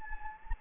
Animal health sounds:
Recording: mosquito wingbeat signal from an infrared sensor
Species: Anopheles gambiae

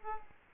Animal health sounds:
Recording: mosquito wingbeat signal from an infrared sensor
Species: Aedes aegypti

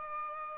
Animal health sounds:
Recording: mosquito wingbeat signal from an infrared sensor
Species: Aedes aegypti

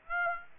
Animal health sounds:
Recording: mosquito wingbeat signal from an infrared sensor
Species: Aedes aegypti

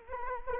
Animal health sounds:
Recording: mosquito wingbeat signal from an infrared sensor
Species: Anopheles arabiensis

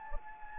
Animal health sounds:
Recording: mosquito wingbeat signal from an infrared sensor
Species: Anopheles gambiae

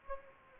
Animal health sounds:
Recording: mosquito wingbeat signal from an infrared sensor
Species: Anopheles gambiae

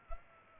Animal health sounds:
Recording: mosquito wingbeat signal from an infrared sensor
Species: Culex pipiens

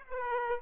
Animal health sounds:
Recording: mosquito wingbeat signal from an infrared sensor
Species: Aedes aegypti

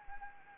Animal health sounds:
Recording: mosquito wingbeat signal from an infrared sensor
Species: Anopheles arabiensis

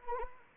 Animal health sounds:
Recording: mosquito wingbeat signal from an infrared sensor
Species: Anopheles arabiensis

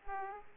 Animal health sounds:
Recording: mosquito wingbeat signal from an infrared sensor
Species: Aedes aegypti

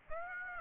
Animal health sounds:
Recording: mosquito wingbeat signal from an infrared sensor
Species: Aedes aegypti

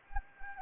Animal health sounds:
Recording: mosquito wingbeat signal from an infrared sensor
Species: Anopheles gambiae

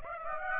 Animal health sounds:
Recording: mosquito wingbeat signal from an infrared sensor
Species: Aedes aegypti

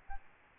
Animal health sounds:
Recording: mosquito wingbeat signal from an infrared sensor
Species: Aedes albopictus

